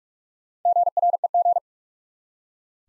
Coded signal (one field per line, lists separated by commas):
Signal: Morse code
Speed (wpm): 47 wpm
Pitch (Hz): 700 Hz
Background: none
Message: GREG